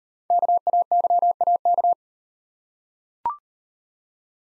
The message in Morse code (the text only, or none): KAYAK